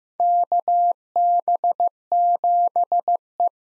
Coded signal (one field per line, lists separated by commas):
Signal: Morse code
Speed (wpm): 15 wpm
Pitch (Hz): 700 Hz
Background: none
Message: KB7E